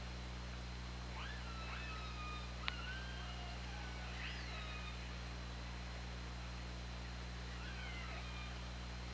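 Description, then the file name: Orca calls, several harmonic tonal cries that rise sharply then level off, with a single sharp click, over a steady low hum and hiss. Underwater recording from the OrcaLab hydrophone, 24 August 2017, at 20:47:59. "Orca Lab UTLN JASON 20170824 204759"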